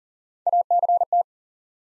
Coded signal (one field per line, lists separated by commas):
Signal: Morse code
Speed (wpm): 40 wpm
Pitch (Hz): 700 Hz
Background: none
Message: ACT